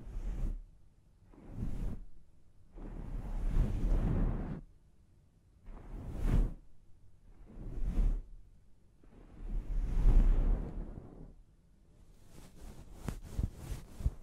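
Scalp massage during a hair wash: repeated soft rubbing swooshes in bursts, with a patter of quick scratchy taps near the end.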